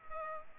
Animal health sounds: mosquito wingbeat signal from an infrared sensor; Culex pipiens

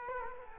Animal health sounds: mosquito wingbeat signal from an infrared sensor; Culex quinquefasciatus

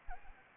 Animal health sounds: mosquito wingbeat signal from an infrared sensor; Anopheles arabiensis

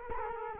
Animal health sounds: mosquito wingbeat signal from an infrared sensor; Culex quinquefasciatus

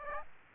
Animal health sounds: mosquito wingbeat signal from an infrared sensor; Aedes aegypti

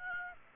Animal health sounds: mosquito wingbeat signal from an infrared sensor; Aedes aegypti

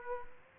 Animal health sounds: mosquito wingbeat signal from an infrared sensor; Aedes aegypti

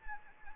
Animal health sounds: mosquito wingbeat signal from an infrared sensor; Anopheles arabiensis

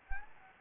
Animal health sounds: mosquito wingbeat signal from an infrared sensor; Anopheles gambiae

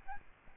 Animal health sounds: mosquito wingbeat signal from an infrared sensor; Aedes albopictus

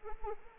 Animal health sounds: mosquito wingbeat signal from an infrared sensor; Anopheles arabiensis

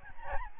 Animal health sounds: mosquito wingbeat signal from an infrared sensor; Aedes albopictus

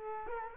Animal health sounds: mosquito wingbeat signal from an infrared sensor; Culex quinquefasciatus

